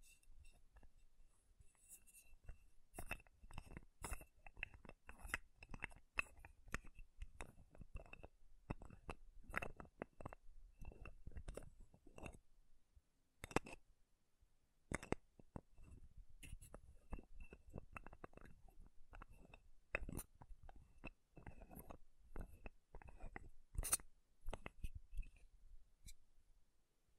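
Makeup tapping and scratching: quick, dense clicks and sharp taps come in irregular bursts, with light scratchy rustling between them. The pace stays busy for most of the half minute, with brief pauses near fourteen and twenty-one seconds, and some louder taps stand out.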